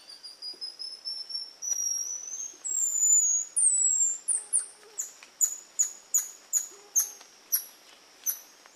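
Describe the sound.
Golden lion tamarin calls: high, thin whistles rising and sliding, followed by a steady series of short descending chirps.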